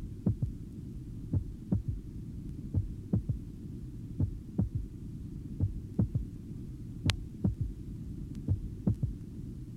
Physiological third heart sound. It is taken at the apex. Only A2 is audible, and thus the second sound appears single at this site.